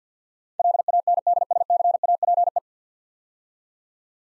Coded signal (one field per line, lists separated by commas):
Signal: Morse code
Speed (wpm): 47 wpm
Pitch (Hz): 700 Hz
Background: none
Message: LANDSCAPE